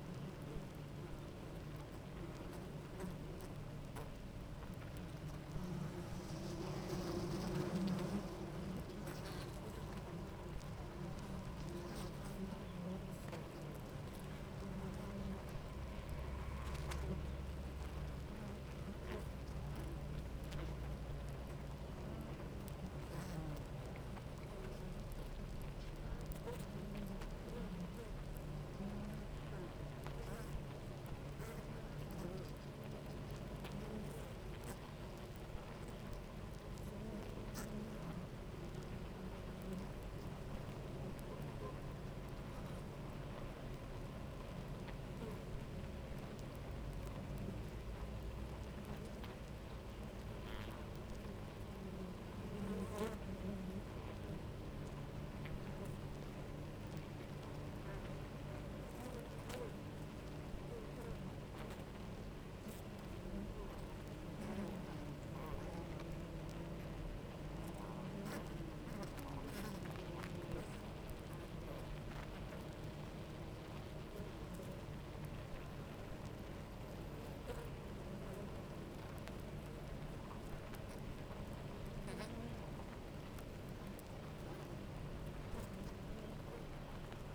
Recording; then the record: honeybee colony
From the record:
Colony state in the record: active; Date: 28 July 2017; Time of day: 9:30